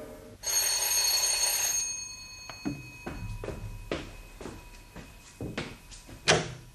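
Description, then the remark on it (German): An electric doorbell in an apartment building, rung on the fourth floor, sounds in a long continuous buzzing burst, followed by a series of knocks or clunks and a short metallic clatter near the end. “Jetzt klingelt einmal da im vierten Stock herum.”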